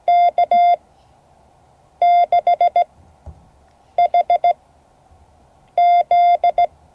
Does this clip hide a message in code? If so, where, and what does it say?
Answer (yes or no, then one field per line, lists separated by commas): yes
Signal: Morse code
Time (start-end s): 0.1-6.7 s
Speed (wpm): 16 wpm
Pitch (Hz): 690 Hz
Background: none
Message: K6HZ